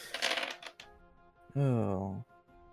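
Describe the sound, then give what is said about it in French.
A burst of many dice, rolled for an intellect check, clattering and rattling together for under a second, followed by a short, drawn-out vocal exclamation. “Je vais te demander de me refaire un autre jet d'intellect légende.”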